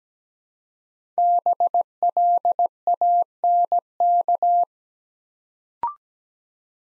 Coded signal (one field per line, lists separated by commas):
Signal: Morse code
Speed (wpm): 17 wpm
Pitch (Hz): 700 Hz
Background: none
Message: BLANK